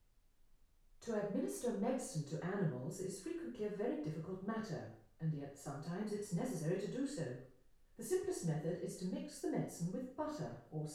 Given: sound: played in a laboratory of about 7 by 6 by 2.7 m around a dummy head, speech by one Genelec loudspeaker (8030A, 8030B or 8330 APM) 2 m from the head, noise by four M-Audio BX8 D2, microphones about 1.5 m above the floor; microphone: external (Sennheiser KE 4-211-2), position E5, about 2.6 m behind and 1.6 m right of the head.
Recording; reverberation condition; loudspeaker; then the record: female speech in English; medium; 150 degrees to the left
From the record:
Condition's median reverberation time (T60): about 510 ms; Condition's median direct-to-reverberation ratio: about -0.5 dB